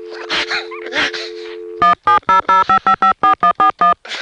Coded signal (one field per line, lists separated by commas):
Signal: DTMF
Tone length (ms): 120 ms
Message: 17005554141